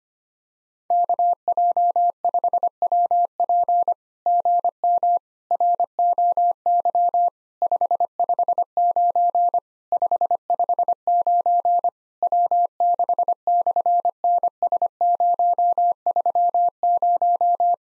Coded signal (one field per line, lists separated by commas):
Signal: Morse code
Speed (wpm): 24 wpm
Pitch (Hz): 700 Hz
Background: none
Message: KJ5WP GM ROY 559 559 W6/NS030